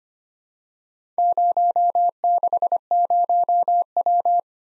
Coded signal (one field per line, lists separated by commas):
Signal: Morse code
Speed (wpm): 25 wpm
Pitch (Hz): 700 Hz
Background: none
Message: 060W